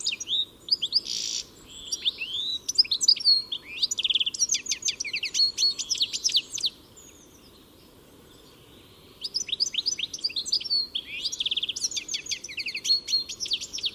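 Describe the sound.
Bird chirping: two long bursts of fast, high repeated notes and twitters, split by a silent gap of about two seconds.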